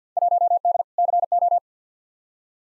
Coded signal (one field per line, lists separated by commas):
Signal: Morse code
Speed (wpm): 45 wpm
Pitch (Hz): 700 Hz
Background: none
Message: 1D CO